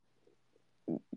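Two short, low gurgling growls from an adult woman's stomach, the first loud and about a sixth of a second long, the second briefer, over a quiet room hum. This is ordinary stomach rumbling (borborygmi), gas and fluid moving through the gut.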